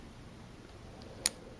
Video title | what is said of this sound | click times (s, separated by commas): Kollage Square Interchangeable Knitting Needle Tutorial | That's the nice click. That's how you know they're connected. | 1.3 s